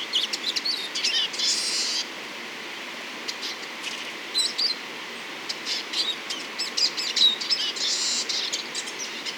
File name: chant et cris de tarins des aulnes